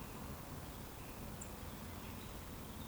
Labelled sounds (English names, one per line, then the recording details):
Eurasian Woodcock whistle
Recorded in Baden-Württemberg, Germany, on 12 June 2020 at 19:39 UTC
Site 14569, 102 m above sea level